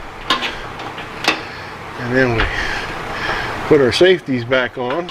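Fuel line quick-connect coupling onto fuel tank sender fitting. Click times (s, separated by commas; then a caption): 0.3 s. On a 1997 Ford F250 7.3 diesel, a fuel line quick-connect coupling is pushed onto the sender fitting of the front fuel tank, which hangs lowered under the truck. A single sharp click at 0.3 s shows the coupling seating. A second short hit comes at about 1.3 s, and someone talks through the rest of the clip.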